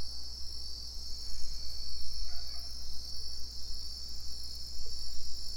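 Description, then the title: Crickets in a steady, high continuous trilling chorus with a fainter even higher whine above, unbroken throughout, with a low rumble underneath. Crickets in plum trees at Tinun, Tenabo, Campeche, Mexico; recorded with a TASCAM DR-100 mkII recorder and RODE NTG-2 shotgun microphone with Deadcat windshield. "Tinun, Tenabo, Camp., México - Grillos en Ciruelos"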